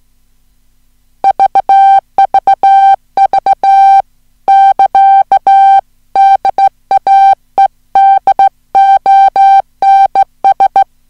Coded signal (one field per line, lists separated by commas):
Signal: Morse code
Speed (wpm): 17 wpm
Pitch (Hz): 780 Hz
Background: music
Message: VVV <KA> DAEDONS